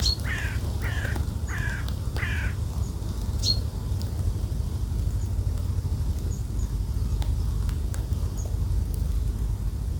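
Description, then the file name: Bird calls, four harsh repeated notes in quick succession near the start, then a single sharp note and faint chirps, over steady loud wind rumble. Birds recorded together with wind. "Wind und Voegel"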